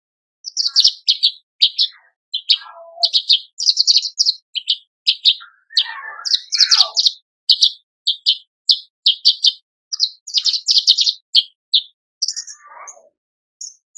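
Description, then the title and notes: Horsfield's bush lark song, a steady stream of sharp high chirps and twitters, with a few lower descending slurred notes. Very lively (super gacor), continuous branjangan singing, used as a masteran recording for training cage birds. "MASTERAN AMPUH KICAUAN BRANJANGAN SUPER GACOR. cucak jenggot"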